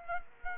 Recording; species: mosquito wingbeat signal from an infrared sensor; Culex quinquefasciatus